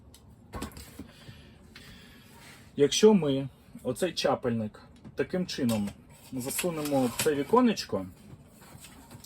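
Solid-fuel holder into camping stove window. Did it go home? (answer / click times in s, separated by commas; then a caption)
no / none. A metal pot-holder/fuel tray (solid-fuel holder) is slid into the window opening of a Meta 50 Swiss cooking system camping stove, with no plate on top, while someone talks. Only a light contact sound is heard; nothing has seated or clicked. The holder does not lock in place and can slide back and forth.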